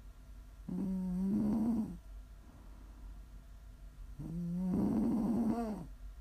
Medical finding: Prime ASMR snoring.